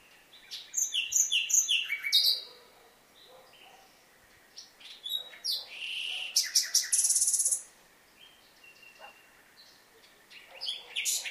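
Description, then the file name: Common nightingale song, rich varied phrases of sharp chirps, trills and buzzy notes, one long harsh high rattle near the middle. "Luscinia megarhynchos"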